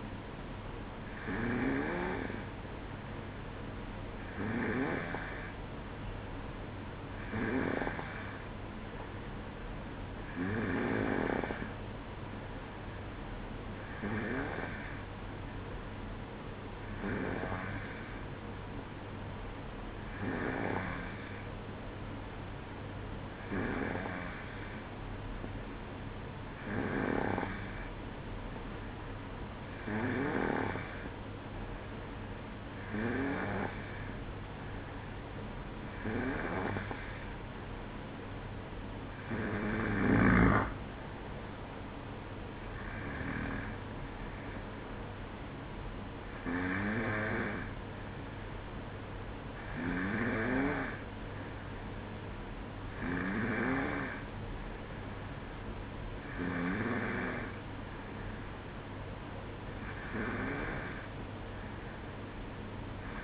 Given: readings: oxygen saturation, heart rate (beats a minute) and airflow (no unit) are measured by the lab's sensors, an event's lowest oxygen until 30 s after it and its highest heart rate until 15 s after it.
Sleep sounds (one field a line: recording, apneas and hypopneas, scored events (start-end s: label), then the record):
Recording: breathing in sleep by a voice recorder at the bedside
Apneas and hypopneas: none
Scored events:
none scored
From the record:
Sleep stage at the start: N2 (light sleep)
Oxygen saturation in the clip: 92 to 94%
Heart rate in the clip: 62 to 66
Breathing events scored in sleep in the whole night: 305 in 9.6 hours asleep